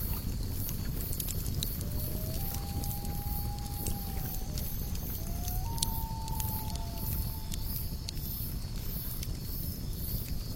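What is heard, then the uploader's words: A campfire burns steadily at night, with a dense low rumble and scattered sharp crackles and pops throughout. High, steady insect drones hang above it, and faint thin whistling tones drift around two and six seconds. The heart-warming fire at the ultimate lakeside camp, the soothing and relaxing natural night cicadas.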